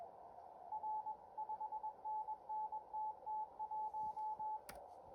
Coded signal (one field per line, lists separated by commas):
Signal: Morse code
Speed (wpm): 21 wpm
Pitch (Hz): 860 Hz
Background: radio noise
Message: R 5NN TT1